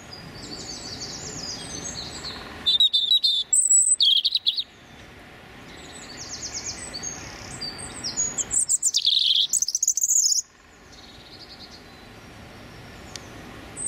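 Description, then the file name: European robin song: two bursts of high, thin, warbling phrases with tumbling notes, separated by a pause, with fainter bird song in the background. Male singing territorial song. "European Robin Erithacus rubecula male singing his territorial song"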